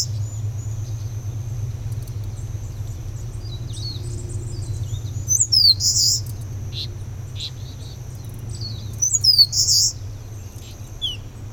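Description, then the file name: Eastern crowned warbler singing two phrases several seconds apart, each of quick high slurs and a buzzy ending, over low rumble and faint chirps. "warbler-eastern-crowned -Phylloscopus-coronatus"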